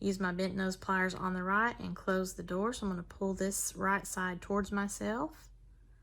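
A metal jump ring on an earring eye pin is held with chain nose pliers on the left while bent nose pliers on the right pull its right side toward the maker to close it. Someone talks throughout. Nothing has clicked or seated yet; the ring is still being handled.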